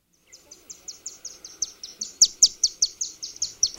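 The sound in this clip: Chimney Swift calls: a rapid series of high, thin chipping notes, growing louder and more emphatic over a few seconds, with faint background noise.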